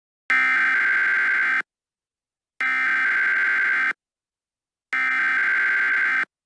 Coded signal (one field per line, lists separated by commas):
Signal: Emergency Alert System (SAME) tones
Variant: header bursts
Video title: EAS Scenario: SCP-409